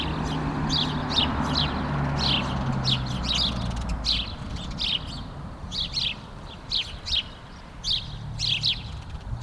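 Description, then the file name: House sparrow calls: sharp, repeated chirps about one to two per second, some doubled, with a low droning hum and rumble underneath. "Passer domesticus"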